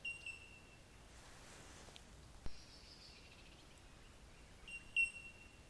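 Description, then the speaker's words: Bellbirds chiming with clear high ringing notes at the start and again near the end, one sharp click midway. Some bellbirds calling on a walk with a dog. "That's just the sound of some bellbirds."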